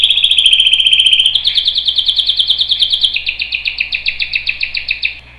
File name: Canary Voice